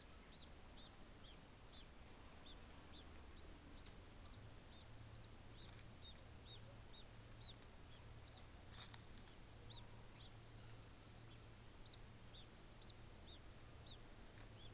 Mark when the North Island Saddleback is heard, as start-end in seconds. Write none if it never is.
none